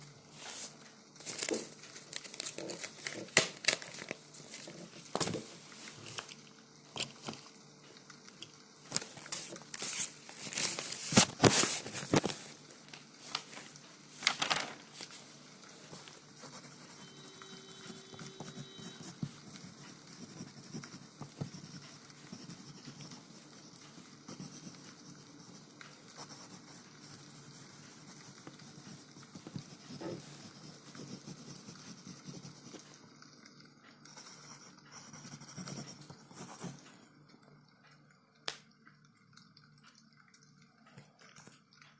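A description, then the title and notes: Dry clicks and taps of typing and writing patter on unevenly, densest and loudest in the first fifteen seconds, where a few brighter rustling bursts like pages being flipped stand out. Later the tapping thins to sparser, softer clicks over quiet. Ticking of the clock, writing ASMR, page flipping and typing.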